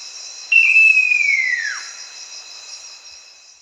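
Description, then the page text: Great eared nightjar producing one long whistled call that starts high and glides smoothly down, backed by a constant shrill insect chorus. "Great Eared Nightjar Call. Quick Sounds"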